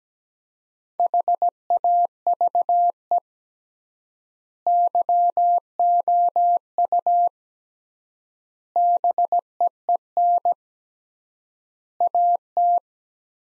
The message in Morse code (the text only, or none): HAVE YOU BEEN AT